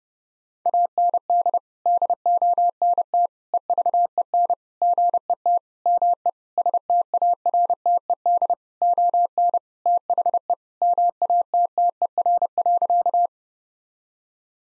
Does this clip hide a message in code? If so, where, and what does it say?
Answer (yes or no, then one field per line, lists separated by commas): yes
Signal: Morse code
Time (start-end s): 0.7-13.3 s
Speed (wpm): 30 wpm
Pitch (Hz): 700 Hz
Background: none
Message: AND DONT EVEN GET ME STARTED ON THE MATTER.